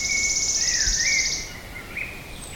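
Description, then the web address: Wood warbler song, a dry, high trill that ends abruptly, with lower whistled notes during and after it. "linnut sirittaja"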